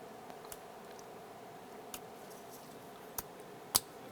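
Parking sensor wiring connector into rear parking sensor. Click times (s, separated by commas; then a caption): 3.8 s. A parking sensor wiring connector is pushed onto a rear parking sensor from a 2015-2020 Cadillac Escalade, and its red lock tab is pressed in. A few faint ticks and taps are heard before one sharp, loud click at 3.8 s as the connector locks and seats.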